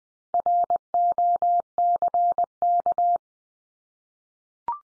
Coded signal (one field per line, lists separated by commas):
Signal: Morse code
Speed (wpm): 20 wpm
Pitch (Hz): 700 Hz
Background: none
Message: ROCK